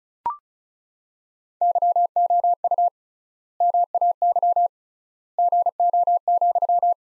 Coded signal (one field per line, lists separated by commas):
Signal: Morse code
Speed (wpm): 36 wpm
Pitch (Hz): 700 Hz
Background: none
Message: YOU MAY GO,